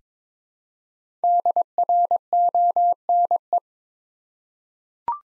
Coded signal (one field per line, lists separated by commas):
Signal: Morse code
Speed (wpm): 22 wpm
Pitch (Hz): 700 Hz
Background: none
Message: DRONE